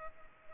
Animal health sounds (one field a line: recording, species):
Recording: mosquito wingbeat signal from an infrared sensor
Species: Culex pipiens